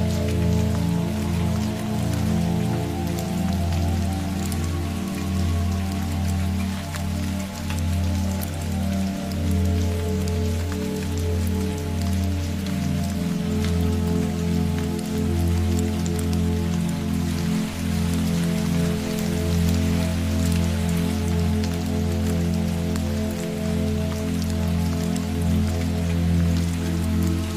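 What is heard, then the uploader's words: Steady rain patters throughout, with scattered bright drop clicks spread across the whole half minute. Beneath it runs a deep, constant hum with a slow, regular pulsing, and the overall loudness stays even from start to finish. The Sound Of Rain.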